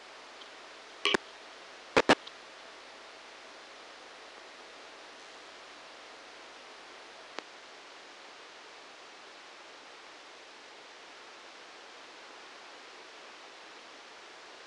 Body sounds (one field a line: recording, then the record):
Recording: brain microelectrode recording played as sound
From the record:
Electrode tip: outside the subthalamic nucleus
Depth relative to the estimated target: -8 mm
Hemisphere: right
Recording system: NeuroSet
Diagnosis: Parkinson's disease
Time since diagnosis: 8 years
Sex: male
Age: 58 years